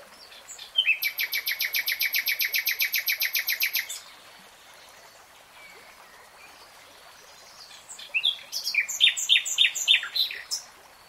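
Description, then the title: Nightingale song: a long, fast, even rattle of repeated notes for about three seconds, silence, then a jumbled phrase of sharp varied notes. "[Tiếng chim hót] Nightingale Singing"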